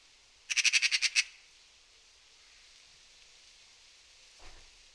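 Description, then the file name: Eurasian magpie chattering: a brisk burst of several rough, grating notes at the start, followed by quiet and a soft low thump. "Pica pica"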